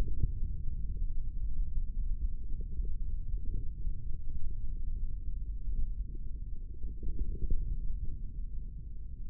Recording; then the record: forearm muscle sounds (acoustic myography)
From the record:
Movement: index flexion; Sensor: system 3, bracelet of six PUI Audio POM-2738L microphones around the upper forearm, with dedicated amplification and filtering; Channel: 1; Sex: male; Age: 25 years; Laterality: right